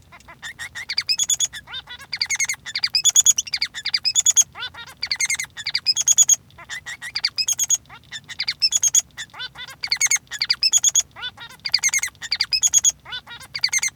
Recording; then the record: song of a male Bengalese finch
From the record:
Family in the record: son of father 3